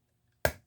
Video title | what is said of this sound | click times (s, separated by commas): Botanica Clock n Coasters $145 | There you go. You hear like a snap. | 0.4 s